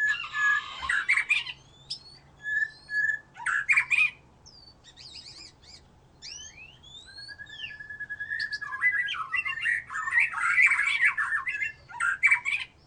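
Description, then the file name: White-rumped shama song: loud bursts of harsh, buzzy notes mixed with clear whistles and sliding phrases, broken by short pauses. "murai batu"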